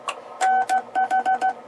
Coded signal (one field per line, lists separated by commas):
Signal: Morse code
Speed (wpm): 16 wpm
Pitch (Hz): 760 Hz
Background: none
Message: NH